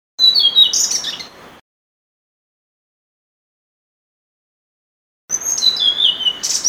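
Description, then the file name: Blue-throated flycatcher giving brief high whistled, slurred phrases, two short bursts separated by several seconds of silence, soft hiss underneath. "kicau sikatan blue throated. omkicau"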